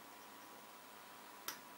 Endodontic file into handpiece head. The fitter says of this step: Легкий щелчок говорит о том, что файл зафиксирован.